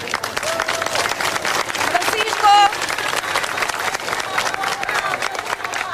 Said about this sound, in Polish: Papież Franciszek jest już w Fatimie. Na pokładzie helikoptera przyleciał tu z bazy lotniczej Montreal. Po wylądowaniu na stadionie miejskim w Papa Mobile udał się do fatimskiego sanktuarium, gdzie powitali go wiwatujący pielgrzymi.